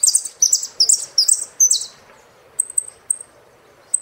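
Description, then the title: Saffron finch song: five rapid, bright descending chirp notes followed by brief thin high tweets. "Jilguero Argentino"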